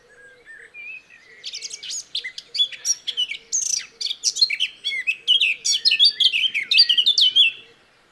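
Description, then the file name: Eurasian blackcap song, a long, excited warble of quick chattering notes rising into loud, clear whistled phrases, over faint, regularly spaced low notes. "Sylvia atricapilla"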